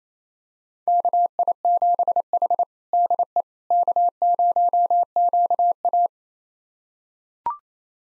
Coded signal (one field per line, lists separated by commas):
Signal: Morse code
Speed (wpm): 28 wpm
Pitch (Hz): 700 Hz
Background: none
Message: KI7H DE K0QA